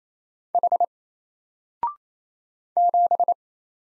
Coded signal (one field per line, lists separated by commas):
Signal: Morse code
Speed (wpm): 27 wpm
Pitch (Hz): 700 Hz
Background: none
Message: H 7